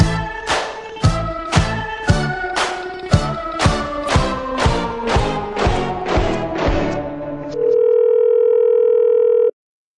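A telephone line sounds while a call is placed: about a dozen evenly spaced, ringing tonal pulses, then a loud, steady continuous dial tone that holds for a couple of seconds and cuts off. No one speaks.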